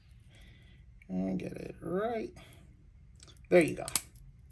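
Someone talks while rotating an Apple AirTag tracker disc inside a leather key ring holder to line up the logo, with a few faint clicks and handling sounds between the words. Nothing has seated or clicked into place yet.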